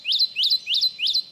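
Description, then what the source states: Kentucky Warbler song: four ringing two-note phrases, each sweeping up then leveling off, delivered rapidly and evenly in a clean series. Ringing 'redeep, redeep' song, a resounding solo of an uber-skulky bird.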